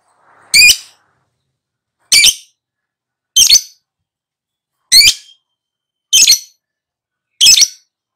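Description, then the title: Lovebird calls: six loud, harsh, high squawks, each short and separate, spaced a little over a second apart. Lure sound played to prompt a pet lovebird to answer and sing steadily and energetically; gacor is the Indonesian term for this sustained singing. "Pancingan Lovebird Agar Nyaut GACOR"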